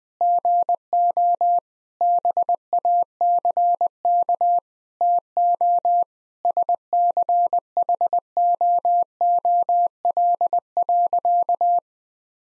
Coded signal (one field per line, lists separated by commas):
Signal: Morse code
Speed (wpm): 20 wpm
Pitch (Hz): 700 Hz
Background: none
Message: GO BACK TO SCHOOL.